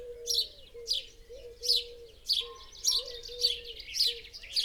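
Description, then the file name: House sparrow chirping in a series of harsh, bright notes, with a quiet low hum in the background. "Passer domesticus"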